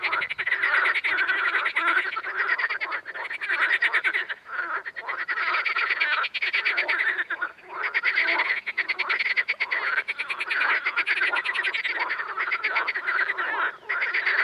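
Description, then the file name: Amphibians in a loud continuous chorus of buzzy, rapidly pulsed croaks, countless calls overlapping with hardly any break. Ambience. "AMBAmphibiens"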